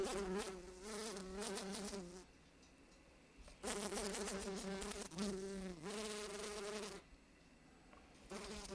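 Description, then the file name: Fly wing buzz in several bouts of wavering droning hum separated by quiet gaps. "la grosse mouche"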